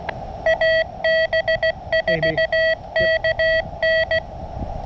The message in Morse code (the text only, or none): AB4KN